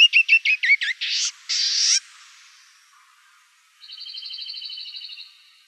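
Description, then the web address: Canyon wren song ending: several whistled notes and two buzzy notes, then after a short silence an even, rapid high trill lasting over a second. Recorded in Arizona on 2 October 2003. "Wrens Kinglets Gnatcatchers CNWR 031002. deviche"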